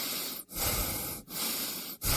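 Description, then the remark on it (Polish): A person breathes in deeply with a loud, airy rush of breath, repeated in several long pulses separated by short pauses, with no talking. “Proszę oddychać.”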